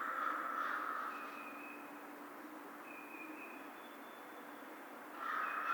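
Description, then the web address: American crow with a short burst of hoarse caws at the start and again at the end, separated by quiet background with faint high whistled tones. Recorded on 2 March 2010. "Crow 2010 03 02 American Crow"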